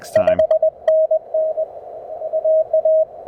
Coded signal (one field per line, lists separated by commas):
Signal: Morse code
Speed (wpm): 19 wpm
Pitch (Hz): 620 Hz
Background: speech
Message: 5NN AA